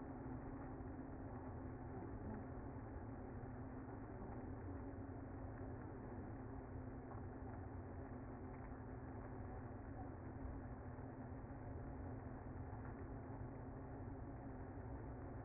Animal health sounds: honeybee colony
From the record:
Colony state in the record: active

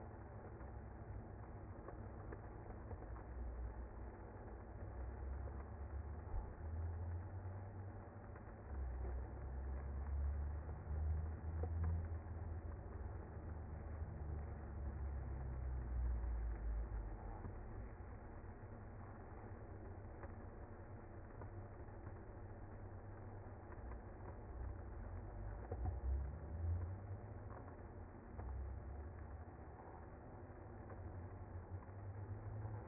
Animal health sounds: honeybee colony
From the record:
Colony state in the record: active

